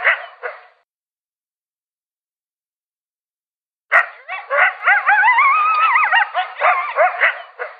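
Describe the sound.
Coyote calls: a few trailing yips, a long pause, then a fresh outburst of rapid yips mixed with quavering, sliding howls.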